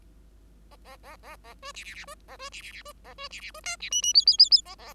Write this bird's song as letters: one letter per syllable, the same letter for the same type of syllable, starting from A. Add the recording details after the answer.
A A A A A B C C C B A B C C C B A B C C B D C E E F F F F A A. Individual Bird5